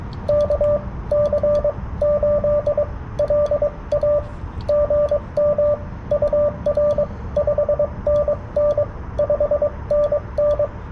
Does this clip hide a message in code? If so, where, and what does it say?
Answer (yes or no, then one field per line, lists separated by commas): yes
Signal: Morse code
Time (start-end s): 0.3-10.6 s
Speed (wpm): 22 wpm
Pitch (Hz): 590 Hz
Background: radio noise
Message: KC8LA GM UR 5NN 5NN